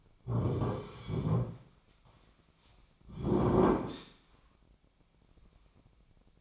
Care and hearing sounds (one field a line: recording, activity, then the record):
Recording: daily activity, microphone in the room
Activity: sit down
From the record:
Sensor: 1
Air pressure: 1009.3 hPa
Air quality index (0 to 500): 178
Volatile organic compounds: 3 ppm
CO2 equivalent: 1503 ppm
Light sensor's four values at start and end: 38/100/42/49 and 40/107/44/52